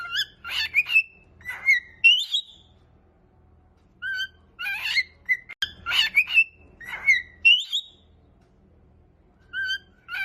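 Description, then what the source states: Cockatiel whistling: bursts of short tonal whistles and harsher chirps, in phrases separated by brief pauses. Several cockatiels singing, whistling.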